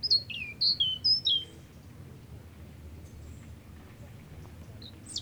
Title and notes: Aix-les-Bains, France - Tout près. un rouge-gorge chante tout près et vient se poser à 2mètres échange de regards ,il n'est pas craintif, il rejoint son perchoir dans l'arbre et délivre une série de cliquetis